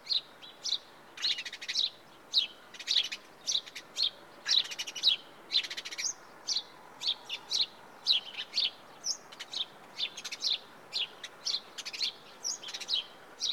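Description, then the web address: House sparrow chirping steadily, short harsh chirps around two per second in uneven bursts. "The BBC Sound Effects Library. House Sparrow (Passer Domesticus)"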